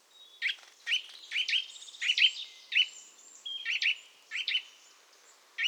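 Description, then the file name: Eurasian nuthatch giving sharp, loud whistled notes, often paired, repeated irregularly. "Sitta europaea"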